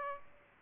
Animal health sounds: mosquito wingbeat signal from an infrared sensor; Aedes aegypti

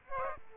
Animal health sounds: mosquito wingbeat signal from an infrared sensor; Aedes aegypti

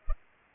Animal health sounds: mosquito wingbeat signal from an infrared sensor; Culex pipiens

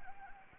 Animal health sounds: mosquito wingbeat signal from an infrared sensor; Anopheles gambiae

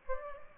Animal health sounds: mosquito wingbeat signal from an infrared sensor; Aedes albopictus

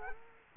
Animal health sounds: mosquito wingbeat signal from an infrared sensor; Culex quinquefasciatus

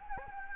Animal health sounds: mosquito wingbeat signal from an infrared sensor; Anopheles gambiae

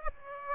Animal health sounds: mosquito wingbeat signal from an infrared sensor; Aedes aegypti

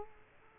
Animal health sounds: mosquito wingbeat signal from an infrared sensor; Culex quinquefasciatus

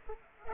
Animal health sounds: mosquito wingbeat signal from an infrared sensor; Culex pipiens

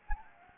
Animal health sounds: mosquito wingbeat signal from an infrared sensor; Anopheles gambiae

